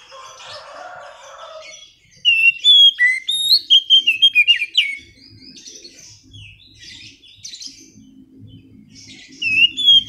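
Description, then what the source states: Oriental magpie-robin song: a fast burst of varied whistles and chirps, a pause, then a brief second burst at the end over low background hum. Lure song to prompt a bird that has stopped singing back into song.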